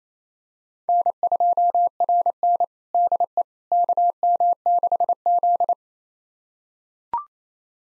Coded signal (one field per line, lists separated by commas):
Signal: Morse code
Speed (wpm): 28 wpm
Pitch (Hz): 700 Hz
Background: none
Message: N2RN DE KM6Z